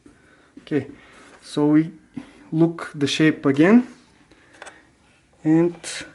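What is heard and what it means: A plastic part of a DeLonghi Magnifica coffee machine's brew group is handled during reassembly after its o-rings were replaced, before it is pressed back into the brew group assembly. Someone talks throughout, with a couple of faint brief handling taps around 4.3 and 4.6 seconds. Nothing has seated or clicked into place yet.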